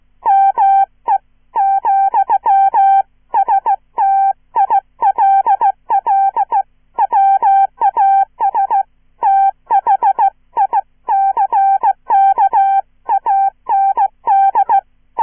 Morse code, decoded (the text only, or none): ME, STILL WAS THICK AND